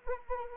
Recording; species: mosquito wingbeat signal from an infrared sensor; Anopheles arabiensis